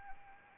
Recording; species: mosquito wingbeat signal from an infrared sensor; Anopheles arabiensis